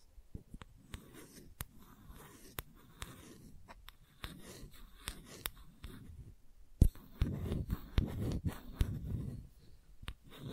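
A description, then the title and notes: Gentle scratching, soft rubbing strokes broken by frequent sharp clicks and taps, growing busier and louder after seven seconds. ASMR Gentle Scratching You Will Fall Asleep To (No Talking).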